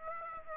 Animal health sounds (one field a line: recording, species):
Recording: mosquito wingbeat signal from an infrared sensor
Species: Aedes aegypti